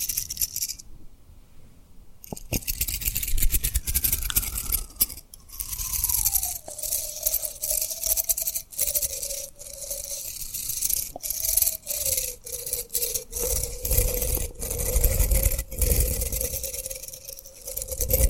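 Tapping and rubbing on rhinestones make a dense, scratchy crackle with sharp clicks throughout, over a faint gliding tone that steadies midway.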